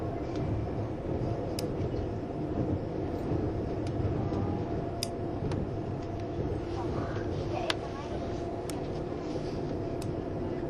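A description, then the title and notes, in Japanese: Inside a tilting intercity train running on the Gotthard line, a steady, dense low rumble of wheels and motion fills the whole recording. Faint tones hover in the middle range, while brief sharp clicks and ticks from the carriage appear every second or so. SBB線 ICN10022レ01 Lugano～(Göschenen)。スイスでは主力の車体傾斜車両であるRABDe500形ICN、その本領を発揮するゴッタルド線の列車を収録したものです。収録年月:2013,05。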